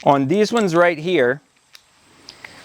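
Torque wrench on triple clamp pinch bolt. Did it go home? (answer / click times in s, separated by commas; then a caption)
yes / 2.4 s. Someone talks briefly, then a torque wrench set to 12 foot-pounds tightens a triple clamp pinch bolt on a dirt bike fork, with short sharp ticks at about 1.8 s and 2.3 s. The wrench gives its confirmed click at 2.5 s, showing the bolt has reached the setting.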